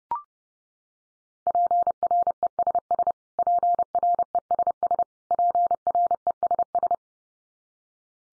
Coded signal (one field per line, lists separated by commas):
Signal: Morse code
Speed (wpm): 30 wpm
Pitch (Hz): 700 Hz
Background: none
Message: PRESS PRESS PRESS